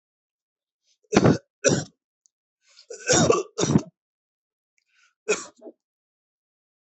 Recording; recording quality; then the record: heavy voluntary cough; excellent, no background noise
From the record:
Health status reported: healthy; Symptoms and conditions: none ticked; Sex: male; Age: 30 years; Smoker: not ticked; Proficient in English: yes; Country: India